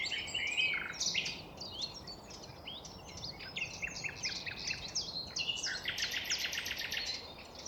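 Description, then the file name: Common nightingale singing loud, varied phrases mixing clear whistles, chattering trills and a fast run of repeated notes near the end, over steady low background noise. Nightingales in a city park in the Netherlands at 7:33 pm on 17 April 2022. "Nightingales Citypark Clean Nl 733 pm 220417"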